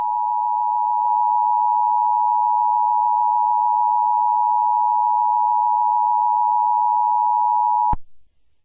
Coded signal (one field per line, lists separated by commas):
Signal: Emergency Alert System (SAME) tones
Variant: 853 and 960 Hz attention tone